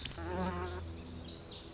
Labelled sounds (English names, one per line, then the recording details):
Lazuli Bunting
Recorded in Sonoma County, California